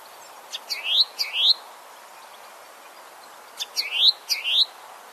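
Bird calls: two pairs of sharp, rising upslurred chirps, then a pause of about two seconds and another two pairs, over faint steady background hiss.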